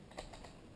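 On the second try, a plastic HVAC control knob and its light-bulb assembly are pushed onto the dashboard climate control panel of a Hummer H3. A sharp snap at 0.2 s (0.19 s) marks it seating into the detent, with softer clicks around it at 0.1 s and 0.3 s. The knob is seated.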